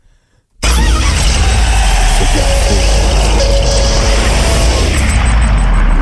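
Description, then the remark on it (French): After a brief silence, a car key is turned and an engine suddenly cranks to life and settles into a loud, steady, rumbling roar that holds for several seconds with no speech. “Je te laisse tourner la clé dans le moteur du jeu.”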